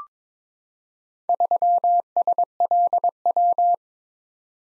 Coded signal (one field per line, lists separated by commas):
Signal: Morse code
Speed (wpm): 22 wpm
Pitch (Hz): 700 Hz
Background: none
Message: 3SLW